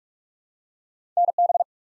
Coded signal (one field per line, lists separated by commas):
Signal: Morse code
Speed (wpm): 44 wpm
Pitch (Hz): 700 Hz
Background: none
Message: NB